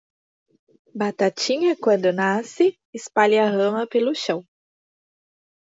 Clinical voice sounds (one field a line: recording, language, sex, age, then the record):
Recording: short text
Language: Brazilian Portuguese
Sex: female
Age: 30 to 39 years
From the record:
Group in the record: control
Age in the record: 35 years